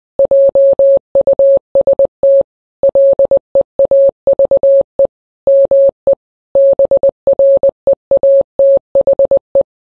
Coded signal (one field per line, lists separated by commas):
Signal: Morse code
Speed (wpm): 20 wpm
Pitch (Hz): 550 Hz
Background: none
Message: JUST LEAVE ME BREATHE